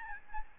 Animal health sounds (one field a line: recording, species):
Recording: mosquito wingbeat signal from an infrared sensor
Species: Aedes albopictus